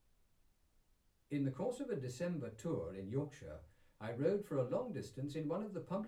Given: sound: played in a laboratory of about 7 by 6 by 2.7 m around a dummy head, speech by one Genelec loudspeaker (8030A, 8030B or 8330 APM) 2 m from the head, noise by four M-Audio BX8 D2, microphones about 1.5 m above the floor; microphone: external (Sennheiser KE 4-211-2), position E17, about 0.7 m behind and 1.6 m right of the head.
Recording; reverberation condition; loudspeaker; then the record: male speech in English; low; 120 degrees to the left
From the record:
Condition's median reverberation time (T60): about 310 ms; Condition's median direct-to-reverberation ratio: about 3.5 dB